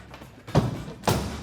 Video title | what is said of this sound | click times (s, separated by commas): 2019-2021 Silverado & Sierra Rough Country Low Profile Hard Tri-Fold Tonneau Cover Review & Install | it latches in as well then you can shut your tailgate and you're good to go | 1.1 s